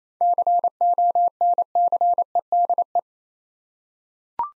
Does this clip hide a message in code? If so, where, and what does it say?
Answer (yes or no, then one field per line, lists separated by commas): yes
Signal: Morse code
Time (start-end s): 0.2-3.0 s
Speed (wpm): 29 wpm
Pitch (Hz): 700 Hz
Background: none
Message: CONCEDE